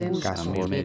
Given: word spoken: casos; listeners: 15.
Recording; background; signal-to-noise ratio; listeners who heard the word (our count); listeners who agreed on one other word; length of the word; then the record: one Spanish word in noise, from a listening test; four-talker babble; -2.7 dB; 1 of 15; 7 of 15; 0.45 s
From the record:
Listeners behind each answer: 7, 2, 1, 1, 1, 1, 1, 1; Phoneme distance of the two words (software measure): 7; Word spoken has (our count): 2 syllables, 5 phonemes, stress on syllable 1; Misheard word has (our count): 2 syllables, 4 phonemes, stress on syllable 1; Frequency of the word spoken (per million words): 247.74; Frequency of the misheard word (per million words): 635.68